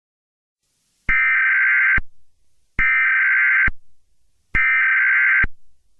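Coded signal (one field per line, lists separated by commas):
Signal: Emergency Alert System (SAME) tones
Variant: header bursts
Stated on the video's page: Fictional EAS scenario.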